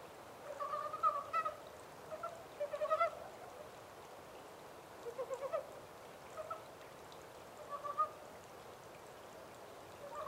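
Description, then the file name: Montane brown frog calls: several short bouts of pulsed croaking notes spaced throughout over a steady hiss. 14 April 2010. "yamaakagaeru-20100414"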